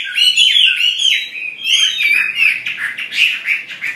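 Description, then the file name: Chinese hwamei singing loud, rich whistled phrases that slur up and down, with short breaks between bursts of varied notes. "hwamei omkicau"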